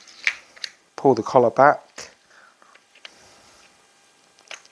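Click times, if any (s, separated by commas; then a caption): none. Someone talks while handling a Bosch Progressor hole saw bit on a hex quick-release arbor, pulling the arbor's collar back. Short sharp handling taps come at about 0.3, 0.6, 3.1 and 4.5 seconds. The bit has not yet seated, and the collar has not snapped forward to lock it.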